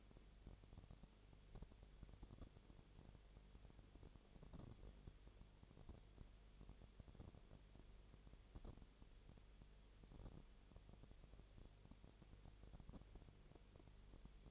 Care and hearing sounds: daily activity, microphone in the room; no activity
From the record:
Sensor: 4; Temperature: 22.7 degrees Celsius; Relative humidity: 32.0%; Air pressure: 1008.1 hPa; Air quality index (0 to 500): 113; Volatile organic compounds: 2 ppm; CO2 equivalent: 1100 ppm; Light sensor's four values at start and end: 2/3/1/1 and 2/3/1/1

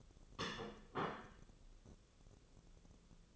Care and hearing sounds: daily activity, microphone in the room; place plate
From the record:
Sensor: 4

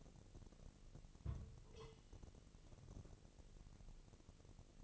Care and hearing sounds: daily activity, microphone in the room; place on stove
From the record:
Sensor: 4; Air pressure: 1000.3 hPa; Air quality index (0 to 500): 216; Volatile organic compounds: 23 ppm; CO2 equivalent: 2784 ppm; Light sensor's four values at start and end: 9/20/8/7 and 9/20/8/7

